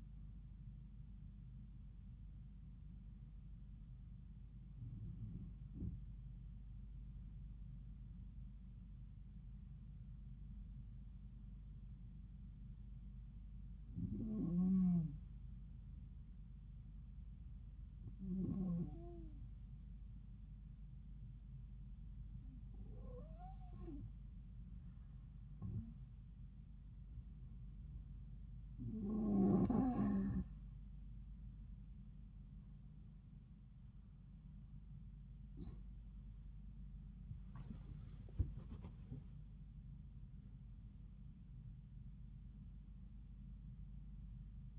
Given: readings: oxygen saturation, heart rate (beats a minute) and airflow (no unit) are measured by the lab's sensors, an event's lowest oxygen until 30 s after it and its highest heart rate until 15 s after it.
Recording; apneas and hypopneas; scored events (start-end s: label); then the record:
breathing in sleep by a smartphone at the bedside; 1
14.00-35.70 s: hypopnea (N2, oxygen 94% highest, then 91% lowest)
32.00-44.79 s: new sleep stage, N1 (lightest sleep)
From the record:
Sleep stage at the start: N2 (light sleep); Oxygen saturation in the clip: 91 to 94%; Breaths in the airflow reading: 10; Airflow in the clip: -5.4 to 8.6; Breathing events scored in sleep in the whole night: 270 in 6.1 hours asleep